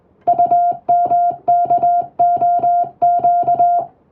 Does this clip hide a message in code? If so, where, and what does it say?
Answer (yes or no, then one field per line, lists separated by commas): yes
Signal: Morse code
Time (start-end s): 0.3-3.8 s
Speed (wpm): 21 wpm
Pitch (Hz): 700 Hz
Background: music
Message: UMKOQ